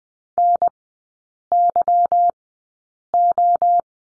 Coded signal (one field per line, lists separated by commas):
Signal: Morse code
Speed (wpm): 21 wpm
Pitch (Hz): 700 Hz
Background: none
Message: NYO